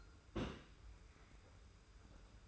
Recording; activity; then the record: daily activity, microphone in the room; place on stove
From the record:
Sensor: 2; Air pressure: 991.0 hPa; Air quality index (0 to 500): 111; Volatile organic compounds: 53 ppm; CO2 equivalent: 3333 ppm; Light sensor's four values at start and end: 34/102/40/38 and 34/102/40/38